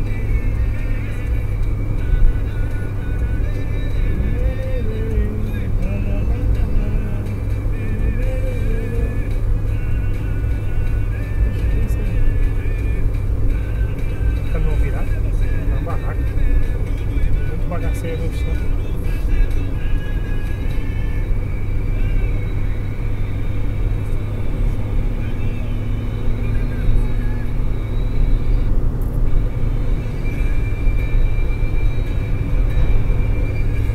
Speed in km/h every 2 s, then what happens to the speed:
102, 101, 102, 103, 103, 101, 100, 99, 98, 99, 101, 104, 107, 109, 110, 107, 103.
0-17 steady at about 101. 17-28 speeds up to 110. 28-34 slows to 103.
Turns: none.